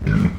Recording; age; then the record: pig call; growing-finishing pig (85 days or more)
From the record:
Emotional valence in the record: positive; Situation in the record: run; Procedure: transit